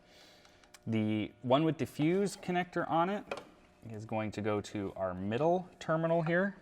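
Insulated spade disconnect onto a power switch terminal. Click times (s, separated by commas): 0.7 s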